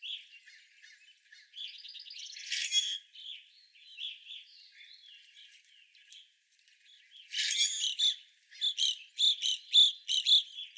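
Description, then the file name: Evening grosbeak calls, short clear chirps around a steady pitch, mixed with buzzy bursts and a rapid trill. Several evening grosbeaks recorded on 25 April 2021. "2021-04-25 Evening Grosbeaks"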